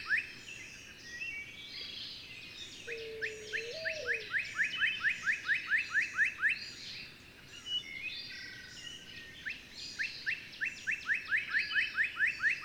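Bird singing rapid trains of upward-flicking notes in two long bouts, with higher twittering above and a low bending whistle near four seconds.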